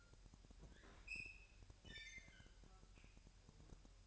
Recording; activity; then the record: daily activity, microphone in the room; open fridge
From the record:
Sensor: 2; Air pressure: 1001.8 hPa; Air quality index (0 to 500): 248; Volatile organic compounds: 38 ppm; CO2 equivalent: 3122 ppm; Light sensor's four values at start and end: 8/28/11/10 and 8/28/11/10